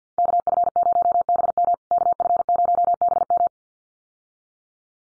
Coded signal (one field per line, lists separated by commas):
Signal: Morse code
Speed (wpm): 50 wpm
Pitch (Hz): 700 Hz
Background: none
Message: KF0BM KF0BM